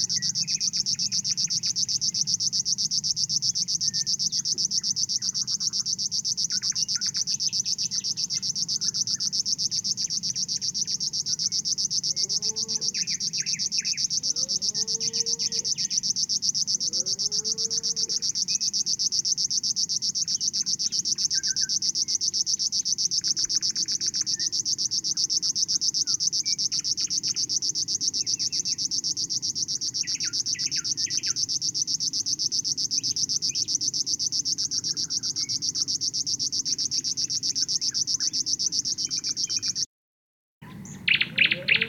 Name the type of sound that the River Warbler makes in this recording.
song